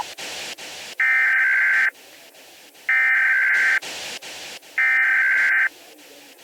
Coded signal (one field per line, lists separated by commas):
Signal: Emergency Alert System (SAME) tones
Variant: header bursts